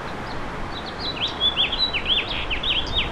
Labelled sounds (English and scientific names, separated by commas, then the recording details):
House Finch (Haemorhous mexicanus) song
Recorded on Long Island, New York, on 8 May 2012
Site VS
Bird D